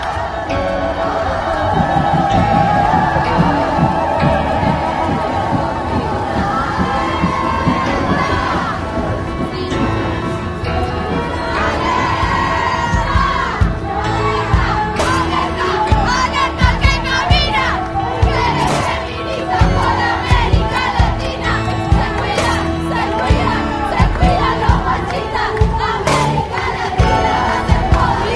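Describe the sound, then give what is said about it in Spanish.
A woman shouts amid a dense, chanting protest crowd, voices overlapping in a loud, unbroken roar for the whole stretch, with sharp cries and bursts cutting through now and then. “¿Por qué grita esa mujer?”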